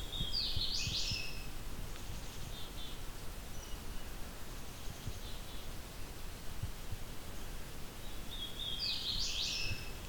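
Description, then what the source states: Hooded Warbler song: two short, bright phrases several seconds apart over a steady background hiss. Alternate song of the hooded warbler, not immediately recognised; at a sanctuary in Norfolk County, southern Ontario; bioacoustic recorder set up at the spot.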